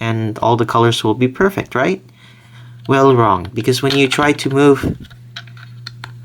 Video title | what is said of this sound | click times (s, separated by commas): Rudenko's Disk Puzzle Review | this circle here it stops there and it clicks into place | 5.9 s